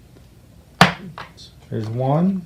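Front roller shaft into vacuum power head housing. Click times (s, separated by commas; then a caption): 0.8 s. A flat screwdriver presses the front roller shaft of a Shark Navigator vacuum power head down into its plastic housing hole, and a sharp pop is heard at 0.8 s as the shaft seats. A softer tick follows at about 1.2 s, then someone talks.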